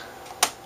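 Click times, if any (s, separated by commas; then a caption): 0.4 s. After a new LED backlight is fitted, the reflector/frame of a 12.1-inch industrial LCD (AA121XH03) is slid back and pressed home into the LCD module housing. A single sharp, bright click sounds at 0.4 s over a faint background, and the frame is seated back in place.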